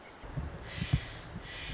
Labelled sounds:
Pacific Wren
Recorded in Sonoma County, California

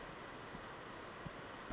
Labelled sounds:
Brown Creeper
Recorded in Sonoma County, California

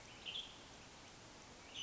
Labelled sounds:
Western Tanager
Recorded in Sonoma County, California

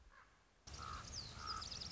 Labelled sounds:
Common Raven
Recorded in Sonoma County, California

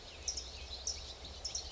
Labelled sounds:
California Towhee
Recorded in Sonoma County, California

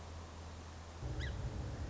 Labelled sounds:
Song Sparrow
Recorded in Sonoma County, California

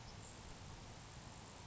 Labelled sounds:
Grasshopper Sparrow
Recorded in Sonoma County, California

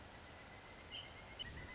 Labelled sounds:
Pileated Woodpecker
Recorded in Sonoma County, California

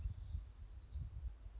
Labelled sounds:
House Wren
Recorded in Sonoma County, California

